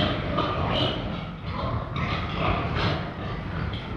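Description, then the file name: Pigs in a pen: a continuous noisy mix of rough grunting and snuffling. Pigs kept together in a pen; sound-effects recording. "Animal Pigs in a Pen"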